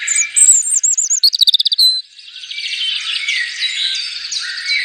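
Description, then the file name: European robin singing looping high whistles and a rapid stuttering trill, then softer, scratchy warbling notes continuing to the end. "Rotkehlchen"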